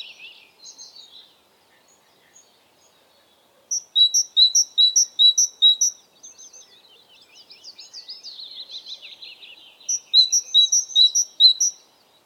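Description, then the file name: Great tit calling: bright, high two-note phrases repeated rapidly in short runs, broken by a spell of soft, buzzy chattering, then another ringing run. "Parus major"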